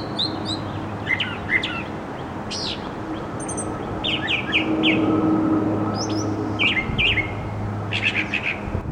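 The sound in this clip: Bird calls, short chirps and quick sweeping whistled notes in scattered bursts, several notes repeated, over a low steady background hum.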